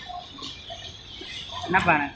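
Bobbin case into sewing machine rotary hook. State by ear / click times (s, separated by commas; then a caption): not seated / none. A bobbin case is lined up with the hole of a sewing machine's rotary hook before being pushed in, while someone talks. Faint handling sounds are heard, with a louder burst of speech near the end. Nothing has clicked or seated yet.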